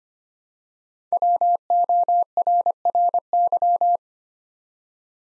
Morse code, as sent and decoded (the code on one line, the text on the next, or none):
.-- --- .-. .-. -.--
WORRY